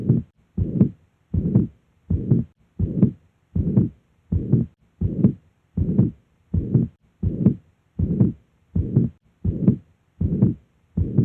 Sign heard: Mitral Regurgitation.